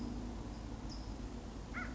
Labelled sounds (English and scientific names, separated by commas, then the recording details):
California Towhee (Melozone crissalis)
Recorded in Sonoma County, California